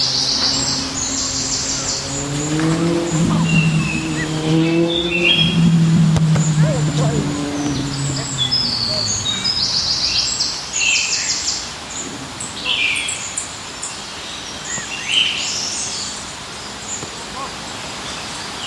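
In the park, birds chirp and tweet in high, quick bursts throughout the recording. For roughly the first seven seconds a low, wavering voice-like tone rises and falls beneath them, then fades, leaving the birds over a steady background hiss.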